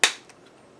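The hinged clip on a waterproof plastic action-camera dive case is closed too softly, giving one sharp click at 0.0 s followed by only a faint tick near 0.3 s. The case is left not closed because the latch needs a second click.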